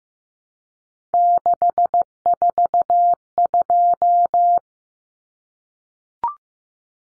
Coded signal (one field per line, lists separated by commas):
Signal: Morse code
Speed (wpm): 15 wpm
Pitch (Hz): 700 Hz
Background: none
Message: 642